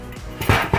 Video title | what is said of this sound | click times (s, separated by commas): How to: Replace an Entire Ceiling Fan | and then it should just pop into place, and then turn it a little bit so that notch, | 0.5 s